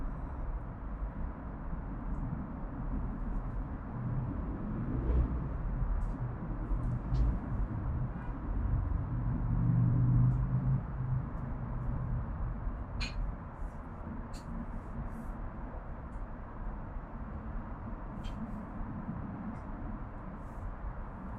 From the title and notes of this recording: Urban Backyard - Oakland, CA. Zoom H6 XY Stereo Mic Capsule. Unbranded Mini Mic Stand. Magnetic Microphone Mounts.